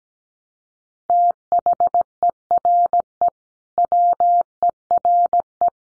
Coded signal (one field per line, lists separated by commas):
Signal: Morse code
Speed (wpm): 17 wpm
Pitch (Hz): 700 Hz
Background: none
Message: THERE WERE